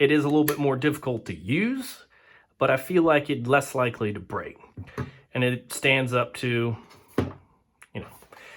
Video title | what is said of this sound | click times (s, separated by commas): iPhone 11 case fight! | I have found that you kind of have to make sure you get it just right for that to snap in place though. | 7.2 s